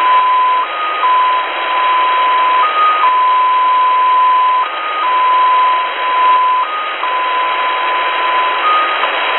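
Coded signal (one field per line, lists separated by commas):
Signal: numbers station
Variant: XPA2 polytone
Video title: Russian XPA2 polytone number station at 17462 kHz (short message(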